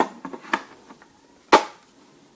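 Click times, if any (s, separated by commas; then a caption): none. A Craftsman V20 20 V battery pack is set onto its charger. Several light plastic knocks sound near 0.0, 0.3, 0.5 and 1.0 seconds, followed by a louder bump around 1.5 seconds. The pack does not lock onto the charger, and nothing has latched or clicked.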